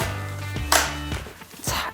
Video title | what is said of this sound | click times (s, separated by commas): 2020 코리아세일페스타에서 산업융합 규제샌드박스를 통해 탄생한 제품 만나보기! (feat. 가전주부) | 이렇게 하면 딸깍 소리가 나면서 장착이 완료됩니다 | 0.7 s